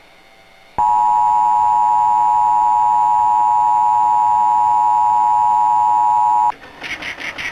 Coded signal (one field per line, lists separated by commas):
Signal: Emergency Alert System (SAME) tones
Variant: 853 and 960 Hz attention tone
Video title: More WCBS 2 Commercials and EAS Test on October 19, 2007 (60fps)